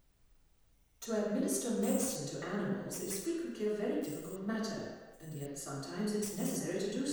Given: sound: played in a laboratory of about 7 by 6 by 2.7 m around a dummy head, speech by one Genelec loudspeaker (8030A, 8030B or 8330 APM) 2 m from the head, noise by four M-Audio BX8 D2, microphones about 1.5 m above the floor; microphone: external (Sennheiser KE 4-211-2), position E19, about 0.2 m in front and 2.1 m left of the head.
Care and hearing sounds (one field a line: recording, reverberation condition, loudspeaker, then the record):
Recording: female speech in English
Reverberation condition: high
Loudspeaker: 30 degrees to the right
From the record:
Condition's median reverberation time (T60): about 1300 ms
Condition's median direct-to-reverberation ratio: about -4.0 dB